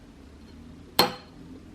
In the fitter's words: and then keep sliding until you hear the click